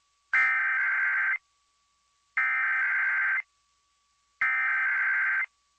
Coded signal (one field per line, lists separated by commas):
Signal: Emergency Alert System (SAME) tones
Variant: header bursts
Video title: A bunch of EAS tests